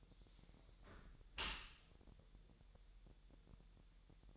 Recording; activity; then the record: daily activity, microphone in the room; close dishwasher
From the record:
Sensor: 3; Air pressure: 1000.6 hPa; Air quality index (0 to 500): 248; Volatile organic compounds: 172 ppm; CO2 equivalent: 4112 ppm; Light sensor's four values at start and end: 11/26/10/10 and 11/26/11/10